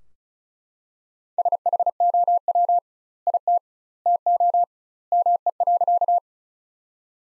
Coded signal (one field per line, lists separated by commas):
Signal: Morse code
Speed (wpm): 36 wpm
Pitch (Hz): 700 Hz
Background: none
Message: SHOW IT TO ME.